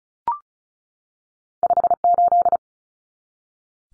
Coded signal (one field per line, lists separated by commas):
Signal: Morse code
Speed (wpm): 34 wpm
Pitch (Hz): 700 Hz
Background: none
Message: 58